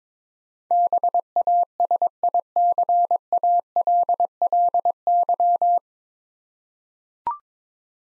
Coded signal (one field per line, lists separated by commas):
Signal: Morse code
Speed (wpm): 22 wpm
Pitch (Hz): 700 Hz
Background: none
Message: BASICALLY